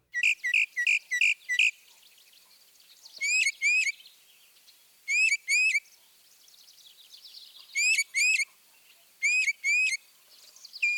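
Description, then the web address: Northern mockingbird mimicry: a quick run of bright chirps, then whistled notes repeated in pairs, with soft twittering between phrases. Northern mockingbird song showing mimicry. "Birding by Ear, Eastern and Central North America - Peterson Guides 2009 Mimics Northern Mockingbird"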